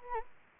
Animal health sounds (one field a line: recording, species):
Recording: mosquito wingbeat signal from an infrared sensor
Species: Anopheles gambiae